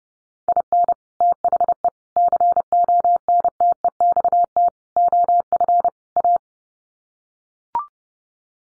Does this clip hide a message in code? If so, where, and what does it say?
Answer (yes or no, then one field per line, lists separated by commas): yes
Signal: Morse code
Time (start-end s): 0.5-6.4 s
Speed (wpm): 30 wpm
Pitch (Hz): 700 Hz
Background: none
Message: IN THE CONTEXT OF A